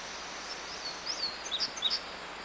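Bird calls, a few short high chirps scattered over steady hiss.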